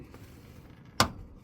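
A 1/4 inch torque wrench set to 180 inch-pounds tightens the oil drain plug into the oil pan of a C5 Corvette. After a quiet stretch with a faint tap near 0.1 s, the wrench gives one sharp, bright click at 1.0 s, confirming the plug is torqued to the setting.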